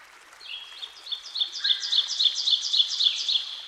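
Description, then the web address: Ovenbird song: about ten emphatic two-part notes repeated in a steady rhythm, growing louder at first and then holding level. Ovenbird singing by a stream. "Dan Gibson Songbirds By The Stream. Ovenbird"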